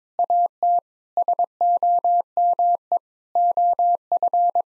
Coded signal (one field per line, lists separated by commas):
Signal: Morse code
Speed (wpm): 22 wpm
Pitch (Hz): 700 Hz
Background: none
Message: AT SOME OF